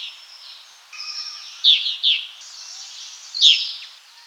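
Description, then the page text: Whiskered yuhina calls: three short, high, sharp chirps, two close together and one a little later, with a faint thin hiss in the background. "Whiskered Yuhina Calls. Quick Sounds"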